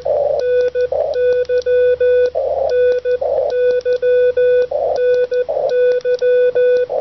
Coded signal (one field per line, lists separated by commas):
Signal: Morse code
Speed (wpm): 15 wpm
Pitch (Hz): 500 Hz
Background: none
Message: NY NY NY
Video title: A Front Yard QRP DXpedition